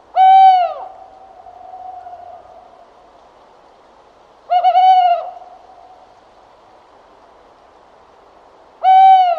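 Tawny owl hooting: three short, clear hoots spaced about four seconds apart.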